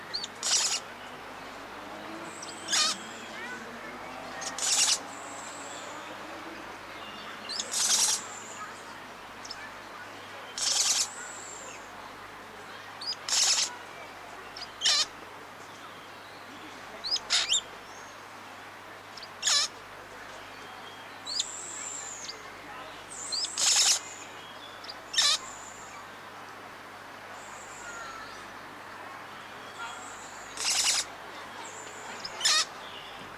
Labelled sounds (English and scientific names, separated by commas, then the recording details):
Amazonian Motmot (Momotus momota) call
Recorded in captivity
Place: Tiergarten Wilhelma/Stuttgart, Baden-Württemberg, DE
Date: 2004-10-03 15:15
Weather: bedeckt - heiter, 17°C
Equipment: Sony WM-D6C, Sennheiser ME 80, Kopie Uher 4000 Report Monitor
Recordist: Tembrock, Günter